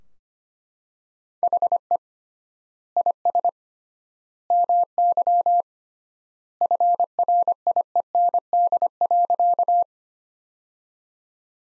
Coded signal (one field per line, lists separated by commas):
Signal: Morse code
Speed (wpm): 25 wpm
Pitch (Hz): 700 Hz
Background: none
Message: HE IS MY FRIEND.